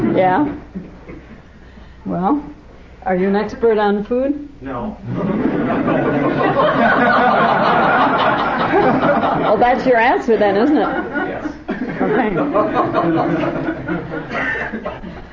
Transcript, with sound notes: Ya? Well? Are you an expert on food?
No. [laughter]
Well, that’s your answer then, isn’t it?
Yes.
Okay.